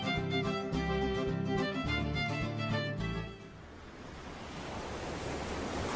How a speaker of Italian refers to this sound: Ma guarda quelle onde, Johnny. Guardale! È un'occasione che non posso perdere, amico, ti prego. Lasciami andare, fammi provare un'onda prima di portarmi via. Un'onda sola.